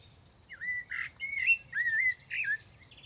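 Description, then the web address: Bird giving a run of bright, clipped chirps and slurred whistles, about five notes in close succession, with faint low background hum. "cianscape birddata Deverinetal 2025 Bird Only Tu Me"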